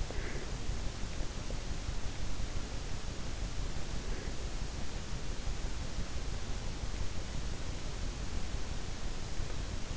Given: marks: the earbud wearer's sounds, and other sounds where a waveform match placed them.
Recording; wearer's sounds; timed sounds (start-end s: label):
sounds in sleep by an in-ear microphone; breath
0.00-0.57 s: breath